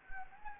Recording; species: mosquito wingbeat signal from an infrared sensor; Anopheles gambiae